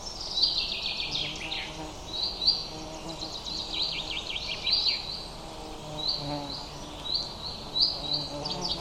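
Bird notes in repeated pairs of flat high whistles mixed with clusters of quick downslurred chirps, over low background noise.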